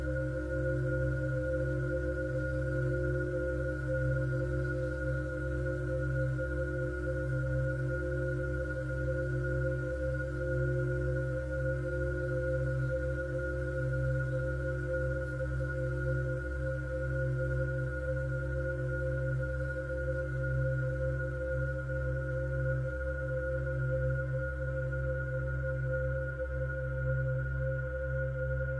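Angel tuning fork frequencies, 528Hz, 963Hz and 432Hz, sound as steady sustained tones held without a break for the whole clip. A deep low hum runs underneath with a slow, regular pulsing throb, and a faint higher ringing line sits above.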